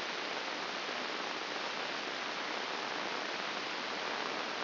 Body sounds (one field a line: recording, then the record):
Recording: brain microelectrode recording played as sound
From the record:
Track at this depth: inside the subthalamic nucleus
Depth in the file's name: 6.261 mm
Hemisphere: left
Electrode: 2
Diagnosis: Parkinson's disease